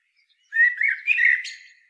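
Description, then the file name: Eurasian blackbird song, a short mellow warbled phrase closing with a brief thin high squeak. "Turdus merula"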